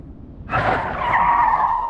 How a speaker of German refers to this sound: Wir hingen beide in den Gurten. Ich war überrascht, wie gut die Bremsen am alten Austin noch waren.